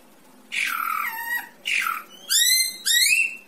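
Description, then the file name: Greater racket-tailed drongo: two drawn-out nasal, falling harsh notes followed by two bright harmonic whistles that rise then level off. "tieng cheo beo duoi co hot"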